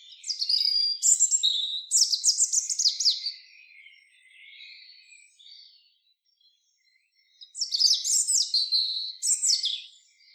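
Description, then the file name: European robin song, two bursts of high sweet whistles and rapid tumbling trills separated by soft quiet warbling and a brief silence. "Erithacus rubecula"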